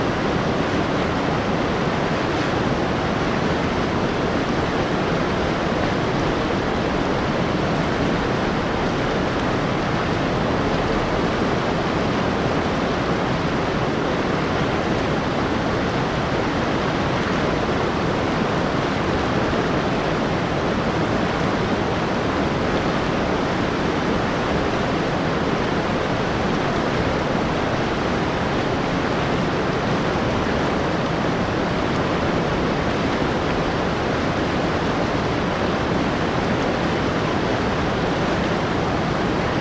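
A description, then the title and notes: A fast river roars steadily and densely, a constant rushing wash spread from low rumble to bright hiss, unchanging throughout. Fast Flowing River Sounds. The enchanting Kawarau River in New Zealand. The natural elements of a river with the calming properties of smoothed brown noise, green noise, and white noise.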